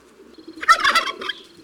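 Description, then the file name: Turkey gobble: one short, rapid, rattling burst of throaty notes, fading quickly. "Un-jour-à-la-ferme-imagier-Le-dindon"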